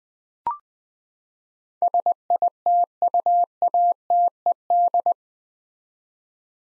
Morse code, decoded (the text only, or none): SITUATED